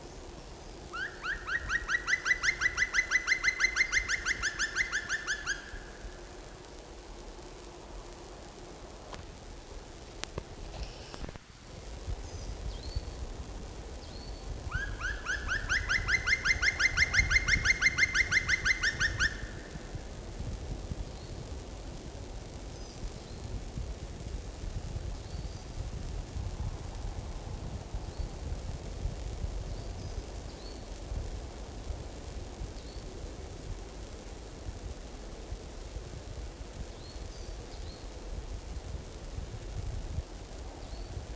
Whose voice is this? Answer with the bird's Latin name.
Dryocopus martius